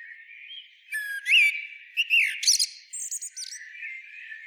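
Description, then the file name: Common blackbird singing one phrase: a brief whistled note swoops up, then a tumble of thin, squeaky twitters fades out over a couple of seconds. "Turdus merula"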